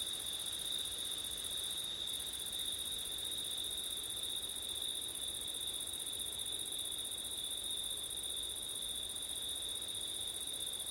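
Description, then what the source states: Crickets in an unbroken shrill chorus, holding the same high pitches. Crickets on a September night in wind, recorded with an ORTF stereo setup.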